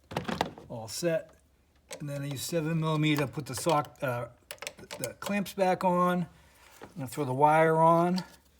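While refitting the throttle body on a 2015 Ford F-150, someone talks as the clamps go back on with a 7 mm socket and the wire is routed toward a plastic wiring harness clip's mount. Brief sharp handling taps come in the first half second, with speech through most of the clip. The clip is being handled but nothing has seated or clicked yet.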